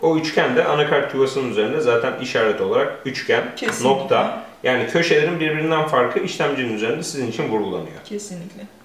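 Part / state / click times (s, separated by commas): processor into motherboard socket / not seated / none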